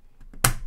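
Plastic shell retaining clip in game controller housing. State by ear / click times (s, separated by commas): seated / 0.4 s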